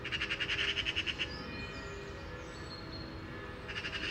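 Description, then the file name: Eurasian magpie rattling harshly in a quick string of dry notes, falling silent while faint thin whistles of other birds are heard, then starting another chatter at the end. "Pica pica"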